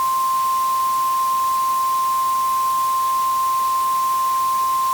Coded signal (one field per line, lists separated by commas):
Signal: Emergency Alert System (SAME) tones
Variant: 1050 Hz attention tone